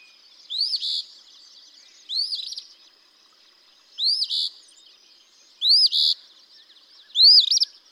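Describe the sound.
Eastern phoebe song, five phrases of a quick rising whistle snapping into a buzzy, burry ending.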